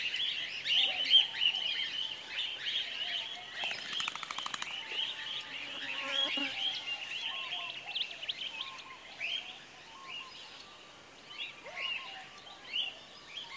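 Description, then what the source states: Cockatiels chattering in a group, quick rasping and chirped notes overlapping, with two brief whirring bursts early on before the calls thin out. Several cockatiels.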